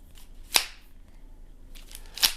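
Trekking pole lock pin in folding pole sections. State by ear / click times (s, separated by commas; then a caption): released / 0.6 s. The locking pin on a Compradell carbon folding trekking pole is pressed to take the pole sections apart, and the lock releases with a sharp, loud snap at 0.6 s. A second sharp snap follows at about 2.2 s, with quieter handling taps in between.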